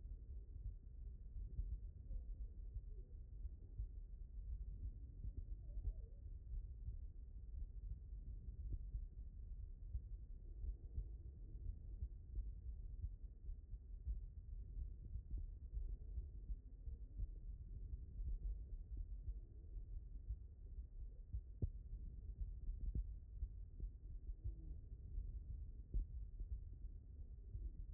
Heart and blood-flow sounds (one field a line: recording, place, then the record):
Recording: heart sounds by stethoscope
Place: aortic valve (AV)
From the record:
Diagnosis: non-HFrEF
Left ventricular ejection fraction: 76%